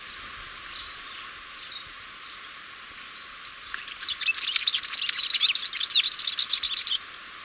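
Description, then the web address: Masked flowerpiercer song: soft, high scattered notes, then a loud, rapid, jumbled twittering of very high tinkling notes running several seconds. Ecuador. "Birds of Ecuador. Masked Flowerpiercer"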